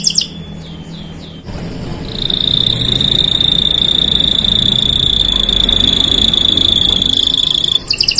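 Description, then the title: Belgian canary song: a few quick falling notes, then one long, steady, high tone held for about six seconds over loud background noise. Black-red Belgian canary song, loud and persistent, played to warm up and stimulate canaries to sing. "Canto Para Esquentar Canário Belga. Suara Burung Kenari Black red Gacor Dor"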